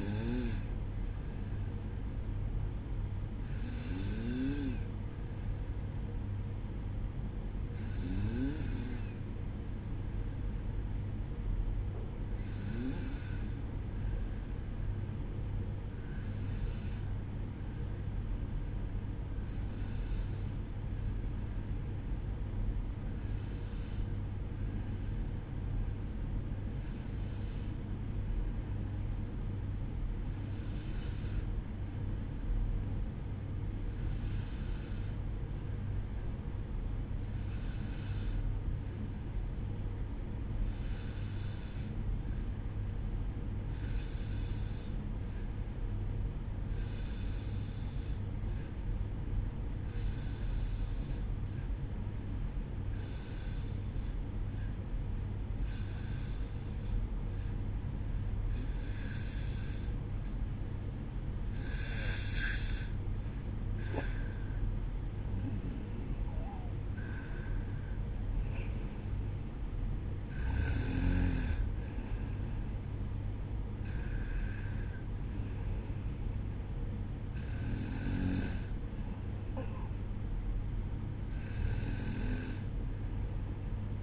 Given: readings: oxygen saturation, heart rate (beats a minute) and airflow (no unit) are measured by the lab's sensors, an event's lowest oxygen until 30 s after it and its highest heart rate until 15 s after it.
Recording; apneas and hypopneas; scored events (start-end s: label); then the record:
breathing in sleep by a smartphone at the bedside; 1
13.00-45.20 s: hypopnea (N1, oxygen 96% highest, then 92% lowest, heart rate 58 at the start, 62 highest)
19.00-79.00 s: new sleep stage, N2 (light sleep)
79.00-84.03 s: new sleep stage, N1 (lightest sleep)
From the record:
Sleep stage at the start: N1 (lightest sleep); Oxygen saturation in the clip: 91 to 96%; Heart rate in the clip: 57 to 64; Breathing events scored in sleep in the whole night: 305 in 9.6 hours asleep